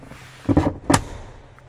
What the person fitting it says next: clicks right into place